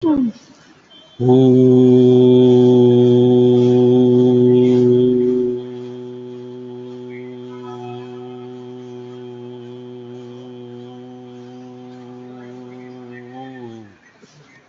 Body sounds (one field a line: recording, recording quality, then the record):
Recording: sustained vowel as in boot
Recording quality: moderate, slight background noise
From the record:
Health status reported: COVID-19 positive, mild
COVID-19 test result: positive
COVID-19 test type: RT-PCR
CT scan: not taken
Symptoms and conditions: fever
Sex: male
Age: 52 years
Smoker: no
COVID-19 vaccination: none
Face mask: worn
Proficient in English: yes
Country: India